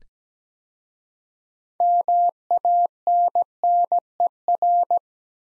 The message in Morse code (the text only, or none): MANNER